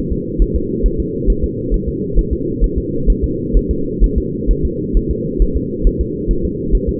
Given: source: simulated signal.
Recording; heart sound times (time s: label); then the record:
fetal heart sounds
0.12 s: S2
0.42 s: S1
0.56 s: S2
0.86 s: S1
1.00 s: S2
1.30 s: S1
1.44 s: S2
1.74 s: S1
1.89 s: S2
2.19 s: S1
2.33 s: S2
2.64 s: S1
2.78 s: S2
3.10 s: S1
3.24 s: S2
3.57 s: S1
3.71 s: S2
4.04 s: S1
4.18 s: S2
4.51 s: S1
4.65 s: S2
4.97 s: S1
5.11 s: S2
5.42 s: S1
5.57 s: S2
5.87 s: S1
6.01 s: S2
6.31 s: S1
6.45 s: S2
6.75 s: S1
6.89 s: S2
From the record:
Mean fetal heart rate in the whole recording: 135 bpm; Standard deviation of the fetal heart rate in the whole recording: 3 bpm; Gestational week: 36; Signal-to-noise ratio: -6.6 dB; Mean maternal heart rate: 72 bpm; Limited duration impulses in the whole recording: present